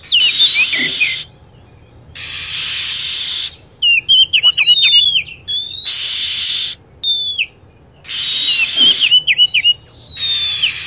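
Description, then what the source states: Lovebird calls: sharp whistled notes sliding down and quick chirp clusters, alternating with several bursts of loud hissing noise. Used as a lure sound for attracting birds.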